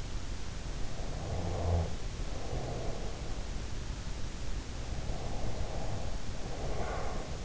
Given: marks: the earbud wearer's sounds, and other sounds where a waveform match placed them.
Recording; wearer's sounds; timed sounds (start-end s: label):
sounds in sleep by an in-ear microphone; snoring breath, breath
1.18-3.57 s: snoring breath
4.96-7.45 s: breath